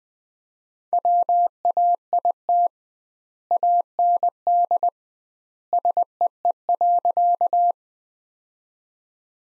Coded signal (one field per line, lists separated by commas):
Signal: Morse code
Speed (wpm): 20 wpm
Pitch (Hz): 700 Hz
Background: none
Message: WAIT AND SEE.